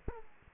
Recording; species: mosquito wingbeat signal from an infrared sensor; Aedes aegypti